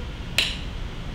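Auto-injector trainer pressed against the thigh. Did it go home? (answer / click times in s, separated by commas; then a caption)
yes / 0.4 s. An epinephrine auto-injector trainer is pressed orange tip first against the thigh until it activates. One sharp click is heard at 0.4 s over low background noise, confirming the trainer has activated.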